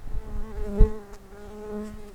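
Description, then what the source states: Common carder bee buzzing, a steady low droning hum with layered overtones, swelling briefly near the middle with a soft thump, then fading and returning. Workers.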